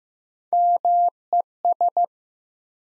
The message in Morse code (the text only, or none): MES